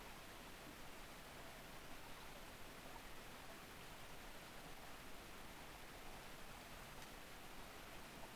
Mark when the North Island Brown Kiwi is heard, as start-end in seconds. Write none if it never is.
none